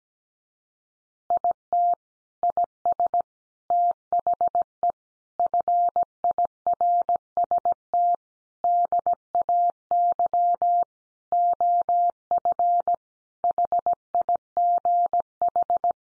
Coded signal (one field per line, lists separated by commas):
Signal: Morse code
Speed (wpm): 17 wpm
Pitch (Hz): 700 Hz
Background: none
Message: IT IS THE FIRST DAY OF HIGH